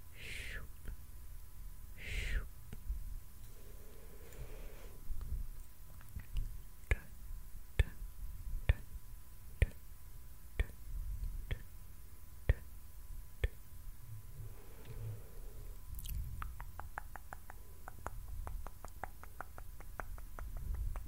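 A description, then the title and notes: Quiet mouth sounds: soft wet clicks and smacks arrive at a steady, unhurried pace, with a few breathy whispers early on. Near the end the clicks speed up into a quick, crisp run over a low, muffled background. ASMR FOLLOW THE LIGHT TRIGGER, ASMR MOUTH SOUNDS.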